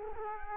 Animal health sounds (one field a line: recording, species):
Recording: mosquito wingbeat signal from an infrared sensor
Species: Culex quinquefasciatus